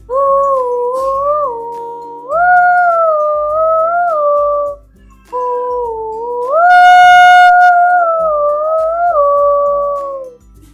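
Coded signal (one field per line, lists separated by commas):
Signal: whistled language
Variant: Kongthong name tune (Jingrwai Lawbei)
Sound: two long hummed or whistled melodic phrases with stepping, sliding pitch, brief pause between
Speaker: तो लेट्स सी हाउ शी कॉल्स हर मदर। ये था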